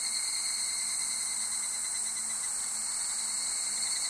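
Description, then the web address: Insects calling together in an even, shrill, unbroken drone with several high bands, a faint low hum beneath. Summer ambience of insects recorded in Japan. "Sound Effects-Foundation 1 AMBIENCE JAPANESE SUMMER INSECTS"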